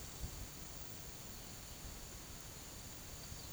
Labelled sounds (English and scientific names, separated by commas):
none